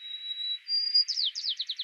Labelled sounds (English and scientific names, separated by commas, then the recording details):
White-crowned Sparrow (Zonotrichia leucophrys) song
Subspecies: nuttalli
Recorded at Battery East, California, in 2013
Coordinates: 37.808, -122.473
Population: north
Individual beI_13